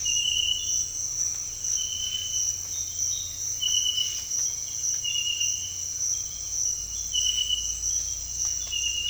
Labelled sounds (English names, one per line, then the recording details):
none
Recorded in dense forest near Puerto Asís, Putumayo, Colombia, on 9 March 2025 at 06:30
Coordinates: 0.484, -76.325
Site G045